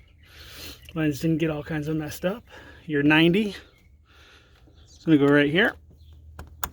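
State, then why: Seated. On a 2011–2019 Ford F150 air/oil separator install, a plastic quick-connect fitting on the crankcase vent hose is pushed onto the oil catch-can port while someone talks. A few faint ticks lead into a sharp, solid click at 6.6 s as the fitting seats on the port.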